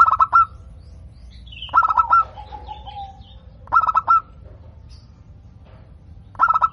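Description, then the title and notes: Zebra dove song, rhythmic clusters of quick stuttering coo notes roughly every two seconds, with a soft trailing trill after the second phrase. Local strain, described as singing frequently with a loud, crystal-clear voice. "PERKUTUT LOKAL GACOR Suara KRISTAL LANTANG. Kicau Burung Perkutut"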